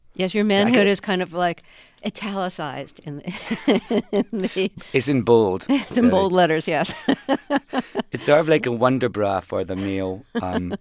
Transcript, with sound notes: Yes, your manhood is kind of like italicized in the...
(LAUGHTER)
It's in bold.
It's in bold letters, yes.
It's sort of like a wonder bra for the male